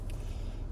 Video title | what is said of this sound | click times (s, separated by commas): 2022 Lexus Es350 How to replace remote key fob battery | But we just get the other half of the case, and we're just going to squeeze this guy back together. You hear it click and pop, and | 0.1 s